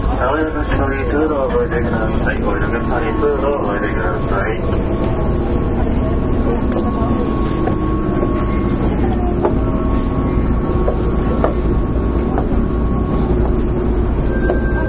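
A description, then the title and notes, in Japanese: Aboard a limited express train, a constant low rumble fills the whole stretch at an even level. Voices come through in the first few seconds, and thin steady tones hang above the noise, with faint clicks and knocks scattered throughout. 京阪電鉄6000系電車の走行音です。特急列車での収録。区間は葛葉から淀屋橋までです。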